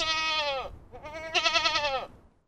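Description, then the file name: Goat bleating twice, a wavering, nasal cry that falls at its end, the second longer and harsher than the first. "cabra"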